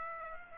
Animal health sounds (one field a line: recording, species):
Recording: mosquito wingbeat signal from an infrared sensor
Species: Aedes aegypti